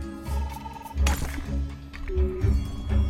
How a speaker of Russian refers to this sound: Он разбил свой телефон.